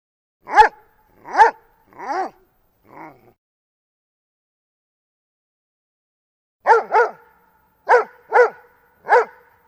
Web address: doberman barks